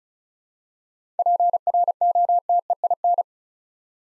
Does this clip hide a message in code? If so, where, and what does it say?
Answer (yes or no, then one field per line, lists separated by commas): yes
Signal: Morse code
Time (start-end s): 1.2-3.2 s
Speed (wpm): 36 wpm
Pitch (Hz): 700 Hz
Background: none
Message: PROTEIN